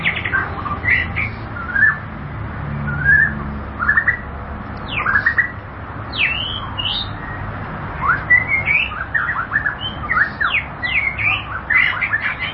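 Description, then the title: White-rumped shama singing rich, varied phrases of whistles, quick upslurs and downslurs, and short squawky notes in lively bursts over low background noise. "Kicau Murai Batu"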